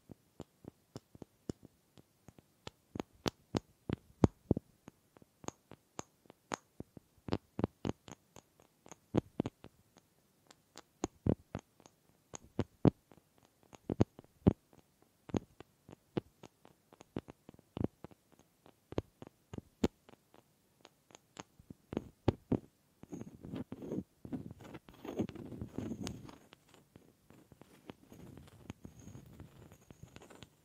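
Wooden tapping and knocking, with sharp, dry clicks coming in irregular bursts, sometimes quick runs and sometimes spaced a second apart. From about 23 seconds a softer, continuous rubbing or scratching texture takes over, with fewer distinct taps.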